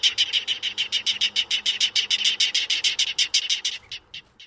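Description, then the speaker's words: California clapper rail giving a rattling, clapping call: a fast run of harsh, even notes, holding steady, then slowing and breaking up at the end. Laughing, rattling, clapping call that gives the clapper rail its name; played as an example. "It's this laughing, rattling, clapping bird call that gives the clapper rail its name."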